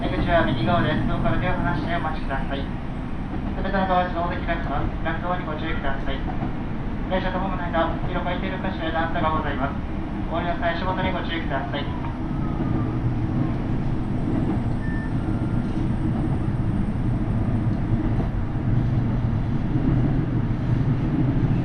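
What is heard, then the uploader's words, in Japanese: A KiHa 75 diesel train on the Taita Line runs between Minō-Ōta and Tajimi, its low engine and running rumble steady throughout. For the first twelve seconds a voice announcement plays over the noise, then only the constant rumble and clatter of the ride remain. 耳で楽しむ鉄道旅 太多線 美濃太田→多治見キハ75。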